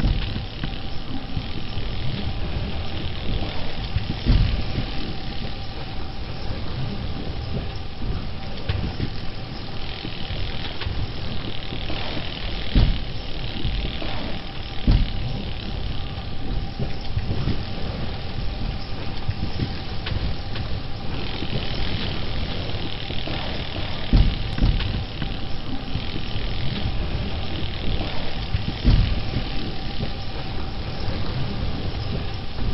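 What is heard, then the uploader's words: Night ambience on San Juan in Fortuna: a steady, dense low rumble like traffic, with a faint hum and occasional thuds. Fortuna, Murcia. Field recordings. Night of San Juan.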